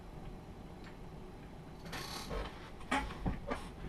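A press arm on a reloading press is brought all the way up to seat a bullet into a cartridge case, giving sharp knocks at about 2.9 s and 3.3 s as the arm reaches its stop. The seating die is not wound in far enough, so the bullet does not seat and nothing has seated or clicked yet.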